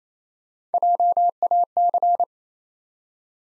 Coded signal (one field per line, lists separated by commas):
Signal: Morse code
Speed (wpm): 28 wpm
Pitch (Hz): 700 Hz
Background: none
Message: JAC